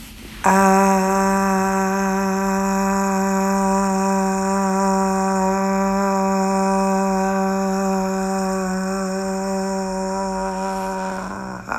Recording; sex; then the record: sustained vowel /a/; male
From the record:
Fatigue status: no fatigue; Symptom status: symptomatic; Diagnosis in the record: COVID-19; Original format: m4a